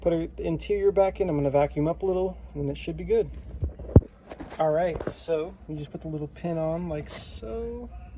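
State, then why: Not seated. A small retaining pin is handled as it is fitted onto a short-stroke shifter assembly for a car gear shifter, while someone talks throughout. A few sharp, brief taps and knocks stand out around 3.6 to 4.4 seconds, the loudest near 4.0 seconds. Nothing has seated or clicked yet; the pin is not yet locked into place when the clip ends.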